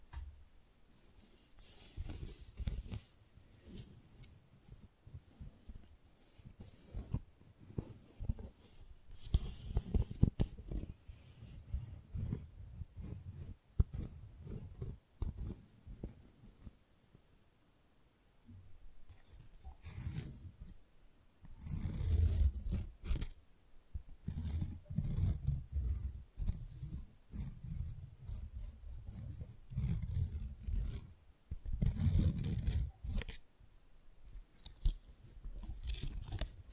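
Tingly flower sounds: crinkly rustling and soft crackles as stems and petals are handled, coming in irregular bursts with a dull thumping underneath. Sharp snips and scratches stand out now and then. The handling eases off briefly around the middle, then grows busier toward the end.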